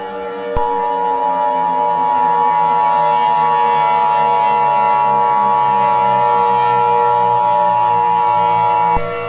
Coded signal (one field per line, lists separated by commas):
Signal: Emergency Alert System (SAME) tones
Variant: 853 and 960 Hz attention tone